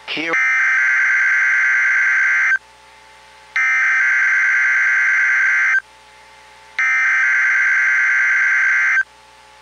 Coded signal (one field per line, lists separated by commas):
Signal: Emergency Alert System (SAME) tones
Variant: header bursts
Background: speech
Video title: NOAA Weather Radio - Required Weekly Test KEC80 Atlanta, GA